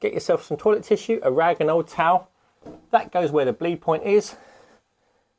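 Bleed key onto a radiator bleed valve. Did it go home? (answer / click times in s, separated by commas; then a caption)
no / none. Someone talks while preparing to push a radiator bleed key over the square bleed valve, with a rag held underneath. The key has not yet clicked into place; nothing has seated.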